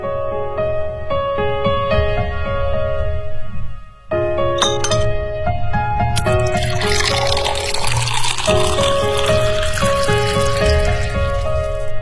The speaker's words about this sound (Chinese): 这是你的鸡尾酒，它是由金酒、蓝城立交酒、汤力水和冰块调成的，名字叫做魔镜。